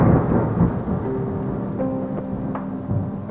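A steady, deep rumble of thunder from a thunderstorm gathering over a valley rolls on for a few seconds, with faint crackling ticks scattered through the low, heavy roar and no voices.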